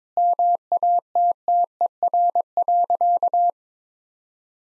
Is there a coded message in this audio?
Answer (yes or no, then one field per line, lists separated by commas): yes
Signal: Morse code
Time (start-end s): 0.2-3.5 s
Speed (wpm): 22 wpm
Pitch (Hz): 700 Hz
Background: none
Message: MATTER.